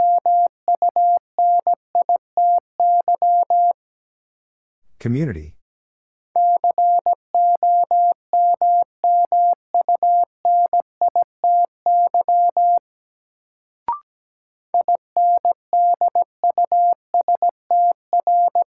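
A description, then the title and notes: A single steady mid-pitched tone keys on and off in Morse code, with quick dots and longer dashes in three runs separated by pauses. Around five seconds a short, rough, scratchy burst interrupts, and a brief click sounds near fourteen seconds. First, the word is sent in Morse code. Then it is spoken. 17wpm.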